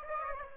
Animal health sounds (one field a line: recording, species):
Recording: mosquito wingbeat signal from an infrared sensor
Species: Aedes aegypti